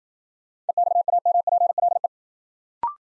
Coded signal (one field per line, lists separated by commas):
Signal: Morse code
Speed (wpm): 52 wpm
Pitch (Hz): 700 Hz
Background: none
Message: EXAMPLE